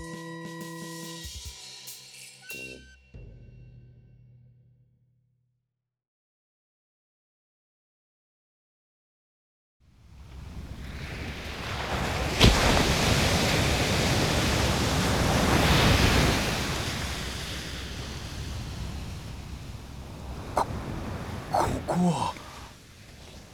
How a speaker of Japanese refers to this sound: 説明しよう。ここはベルモントより西へ100キロ余り向かった海岸。切り立った岸壁に覆われ、突風が吹きさび、波は常に荒れ狂っているという危険地帯である。